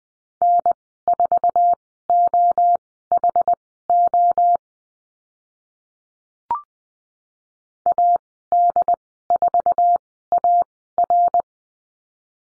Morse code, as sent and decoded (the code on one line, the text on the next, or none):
-. ....- --- .... --- / .- -.. ....- .- .-.
N4OHO AD4AR